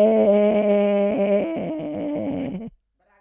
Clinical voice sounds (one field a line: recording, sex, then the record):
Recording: sustained vowel /e/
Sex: female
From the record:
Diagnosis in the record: Parkinson's disease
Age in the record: 65 years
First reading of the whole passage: 242 s, 2.1 characters per second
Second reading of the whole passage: 180 s, 2.9 characters per second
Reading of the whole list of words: 168 s, 1.7 characters per second